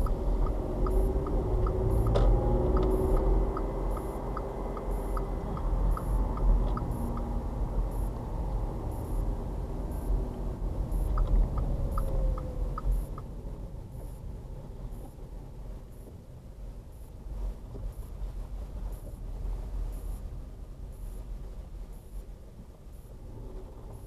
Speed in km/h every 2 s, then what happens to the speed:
21, 27, 29, 27, 24, 23, 15, 10, 8, 8, 6, 6.
0-2 speeds up to 27. 5-15 slows to 8. 15-24 steady at about 6.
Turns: 9-15.